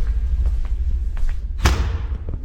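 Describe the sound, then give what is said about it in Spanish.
A window of the room facing the street is pushed shut with one solid thud over a steady low rumble, preceded by a few faint knocks and followed by a soft scrape. “Cierra la ventana de la pieza que da a la calle.”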